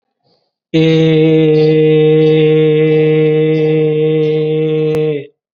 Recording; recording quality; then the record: sustained vowel as in made; excellent, no background noise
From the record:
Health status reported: COVID-19 positive, mild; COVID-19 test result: positive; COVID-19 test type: rapid antigen test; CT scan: not taken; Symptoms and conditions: cough, fatigue, muscle pain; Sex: male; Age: 25 years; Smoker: no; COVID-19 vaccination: both doses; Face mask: worn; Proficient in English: yes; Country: India